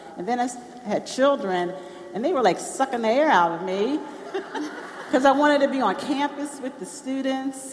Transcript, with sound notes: and then I had children, and they were, like, sucking the air out of me. (Laughter) I wanted to be on campus with the students.